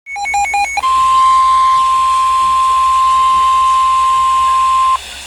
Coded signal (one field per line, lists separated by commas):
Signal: Emergency Alert System (SAME) tones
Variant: 1050 Hz attention tone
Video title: SVR (EAS#432)